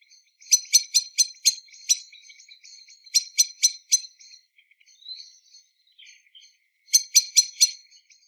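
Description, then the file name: Common blackbird calls: sharp, clicking chinks in quick runs of four or five, three bursts spaced a few seconds apart, with faint softer notes between them. "Turdus merula"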